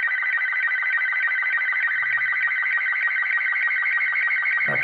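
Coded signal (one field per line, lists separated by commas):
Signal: SSTV (slow-scan television)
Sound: steady warbling high tones with fast regular ticking pulses, brief low rumble at end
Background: handheld radio hiss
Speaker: velocidad de transmisión es lenta y la calidad de la imagen es baja susceptible al ruido ambiente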